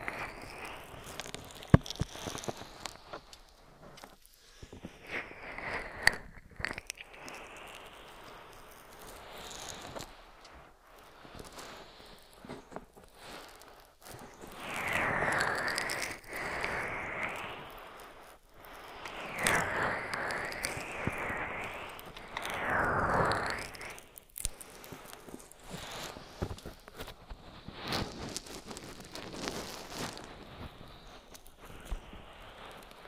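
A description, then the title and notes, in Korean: Ear massage with oil and bare hands: wet, slick rubbing and soft crackling pressed right against the microphone. The strokes come in uneven bursts, swelling into louder, brighter smearing rubs around the middle and again near the end, with quiet pauses and occasional sharp taps between. ASMR 3dio 귀마사지 오일+맨손 ear massage.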